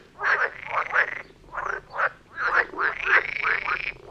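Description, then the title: Frog chorus: several frogs giving rapid, rattling, overlapping croaks in bursts. Frog chorus near a brook in Neubeckum, recorded at 2 pm. "Frog concert near Vellerner Brook in Neubeckum - 2pm"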